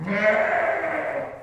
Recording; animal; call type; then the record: contact call of a hoofed animal; sheep; low-frequency (closed-mouth) or high-frequency (open-mouth) call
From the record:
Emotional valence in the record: negative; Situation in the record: short social isolation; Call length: 1.43 s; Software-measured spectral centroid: 1470 Hz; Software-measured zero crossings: 1910 a second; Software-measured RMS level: -23 dBFS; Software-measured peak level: -7 dBFS